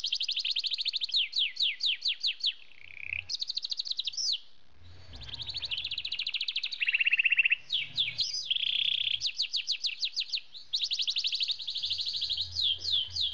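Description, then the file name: Canary song, a long continuous run of rapid high trills, each phrase a quick series of downslurred notes, switching between buzzier rolls and clearer whistled runs, with faint low thumps. Australian plainhead canary. "kenari australian plainhead"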